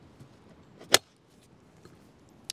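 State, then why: Seated. A Starlink Gen 3 dish's adapter plate and mast assembly is slid into the adapter tube of a Ridgeline roof mount and latches into place. A sharp, loud click sounds at 0.9 s, followed by faint small knocks and a second brief click at 2.5 s. The mast is locked and seated in the mount tube.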